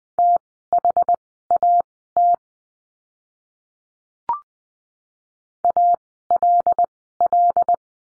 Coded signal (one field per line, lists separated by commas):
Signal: Morse code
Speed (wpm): 20 wpm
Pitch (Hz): 700 Hz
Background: none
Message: THAT ALL